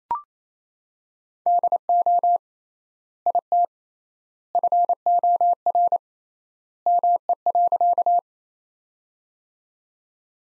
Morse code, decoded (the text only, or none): DO IT FOR ME.